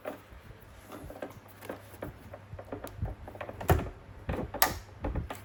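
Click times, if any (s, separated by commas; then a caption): 4.6 s. A plastic fuel line quick-connect coupling, its red slider in the open position, is pushed onto the fuel tank outlet fitting of a Daytona 660 motorcycle. Soft handling knocks lead up to a sharp click at 4.6 s as the connector seats, then the red slider is moved to the locked position toward the front of the bike.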